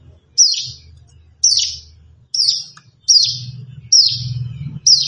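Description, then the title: Plain prinia calls: high, sharp, downward-sliding notes given roughly once a second, with a low background hum. "Ciblek Sawah"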